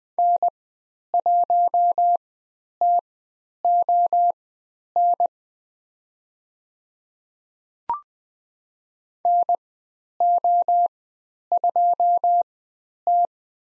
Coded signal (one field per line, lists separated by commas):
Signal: Morse code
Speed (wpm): 20 wpm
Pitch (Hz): 700 Hz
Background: none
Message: N1TON NO2T